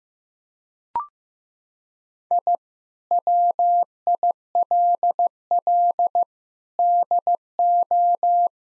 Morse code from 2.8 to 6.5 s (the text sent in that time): WILL